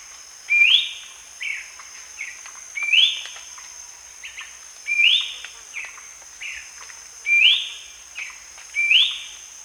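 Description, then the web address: Ferruginous babbler whistles: upward-sweeping notes repeated about every two seconds, each followed by short downslurred notes, over a steady insect buzz. Recorded at Danum on 1 January 2008. "DANUM 20080101. ferruginous babbler"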